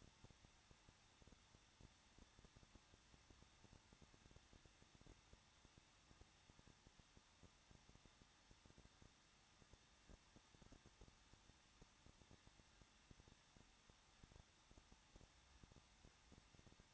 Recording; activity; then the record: daily activity, microphone in the room; no activity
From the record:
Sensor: 3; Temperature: 21.2 degrees Celsius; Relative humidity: 36.3%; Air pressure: 1006.4 hPa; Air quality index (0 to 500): 221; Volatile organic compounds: 40 ppm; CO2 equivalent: 3147 ppm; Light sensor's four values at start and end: 2/3/2/2 and 2/3/2/2